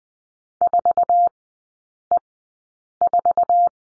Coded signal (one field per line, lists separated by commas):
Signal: Morse code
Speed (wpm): 20 wpm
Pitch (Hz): 700 Hz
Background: none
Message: 4E4